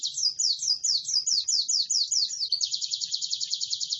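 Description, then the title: White-eye giving a rapid series of down-slurred high chirps, merging into a sustained rapid buzzy trill. Described as gacor, lively energetic singing. "Pleci Gacor"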